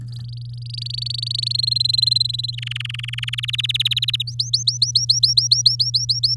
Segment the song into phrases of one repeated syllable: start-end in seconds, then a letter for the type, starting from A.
0.08-1.52 A, 1.54-2.55 B, 2.57-3.40 C, 3.43-4.23 D, 4.27-6.35 E